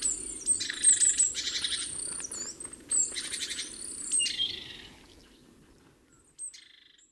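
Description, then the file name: Great tit calls: dense scratchy chatter and high chirps that fade out, ending with a single short note. "Parus major"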